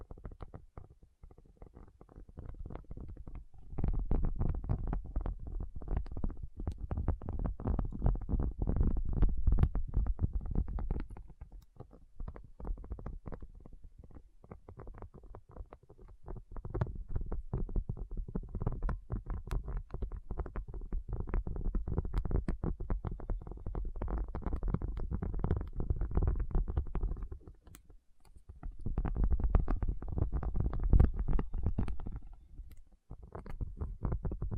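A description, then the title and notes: Dense, rapid tapping with a low, rumbling thud runs almost continuously, pausing briefly near four seconds and again around twenty-eight seconds. Tapping Session (No Talking).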